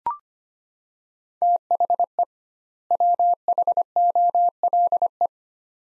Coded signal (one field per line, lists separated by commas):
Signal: Morse code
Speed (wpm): 25 wpm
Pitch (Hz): 700 Hz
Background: none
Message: THE WHOLE